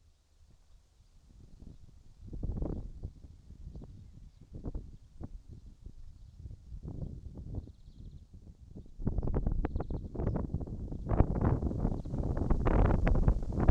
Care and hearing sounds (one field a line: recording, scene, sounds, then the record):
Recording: everyday scene through a hearing-aid microphone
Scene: wind on the microphone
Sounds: wind, traffic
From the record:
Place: in front of a rural house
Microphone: in the ear canal, right